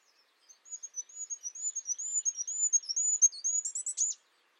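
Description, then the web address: Bird singing a fast series of high, slightly rising whistled notes that grows louder, closing with a short trilled burst. "Bird Only"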